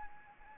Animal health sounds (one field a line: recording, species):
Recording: mosquito wingbeat signal from an infrared sensor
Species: Anopheles arabiensis